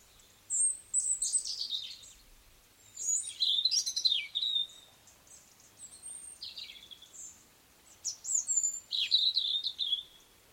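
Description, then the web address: Bird song with bright twittering phrases and sweeping high whistles, delivered in bursts separated by brief pauses, faint hiss behind. Sweet birdsong heard outside a window. "sweet birdsong outside the window"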